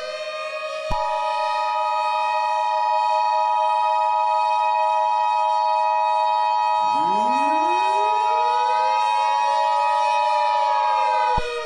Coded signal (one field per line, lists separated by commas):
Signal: Emergency Alert System (SAME) tones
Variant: 853 and 960 Hz attention tone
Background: music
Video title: EAS Scenarios #1 - BlazeFN